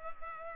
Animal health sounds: mosquito wingbeat signal from an infrared sensor; Culex pipiens

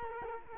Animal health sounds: mosquito wingbeat signal from an infrared sensor; Culex quinquefasciatus

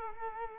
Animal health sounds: mosquito wingbeat signal from an infrared sensor; Culex quinquefasciatus

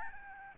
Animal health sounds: mosquito wingbeat signal from an infrared sensor; Aedes albopictus

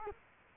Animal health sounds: mosquito wingbeat signal from an infrared sensor; Culex quinquefasciatus

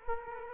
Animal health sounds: mosquito wingbeat signal from an infrared sensor; Culex quinquefasciatus

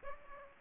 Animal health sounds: mosquito wingbeat signal from an infrared sensor; Aedes aegypti

